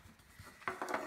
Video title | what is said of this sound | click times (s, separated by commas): Cleaning & Restoring: NES Front Loader | and snap it back into place because i know forget it at the end of the video it just snaps in place like anything else and | 0.7 s, 0.8 s, 0.9 s